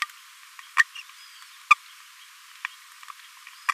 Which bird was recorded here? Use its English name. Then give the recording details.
Green-rumped Parrotlet. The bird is a male. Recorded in a nest box in Venezuela. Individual 17B42A3